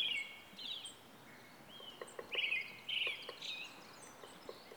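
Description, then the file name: Brown-headed thrush song: a few short whistled phrases with brief pauses, and faint clicks in the background. "akahara"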